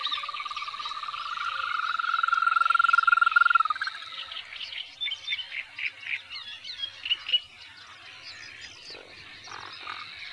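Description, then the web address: European green toad gives a loud, even, purring trill lasting about four seconds, then scattered pulsed croaks and softer calls follow. "Tajemnice puszczy Ropucvha zielona"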